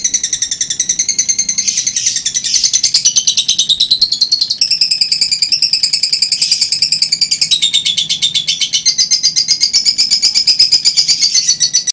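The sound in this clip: Lovebird singing a fast, continuous stream of grating chatter and shrill squeaks, steady and high-pitched throughout, shifting slightly in tone every few seconds.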